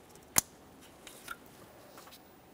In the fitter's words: Press it in. Listen for an audible click and then double check to make sure it's properly secured in place.